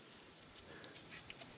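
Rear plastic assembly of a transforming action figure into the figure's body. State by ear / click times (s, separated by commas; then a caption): seated / 1.0 s, 1.4 s. The rear plastic assembly of a Transformers Generations Voyager Rhinox action figure is pushed down into the figure's plastic body during transformation. Sharp plastic clicks sound at 1.0 s and 1.4 s as the assembly locks into place, fully seated.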